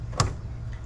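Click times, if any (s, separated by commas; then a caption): 0.2 s. An AC refrigerant line with lubricated O-rings on a 1997 7.3 diesel truck is pushed into its metal spring-lock coupling after an earlier failed try. A sharp click sounds at 0.2 s over a steady low hum, followed by a faint sound near 0.7 s. The line latches and is seated.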